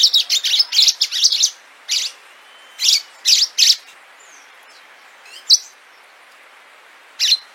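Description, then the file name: Orange-fronted yellow finch giving a quick opening run of sharp chirps, then scattered high notes at irregular gaps, otherwise quiet. "canto do canario do amazonas"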